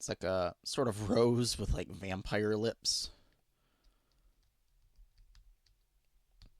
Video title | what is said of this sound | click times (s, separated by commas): Monster High Garden Mysteries Twyla Doll Review - Toy Talk Monster High #45 | That just snaps into place there. | 6.4 s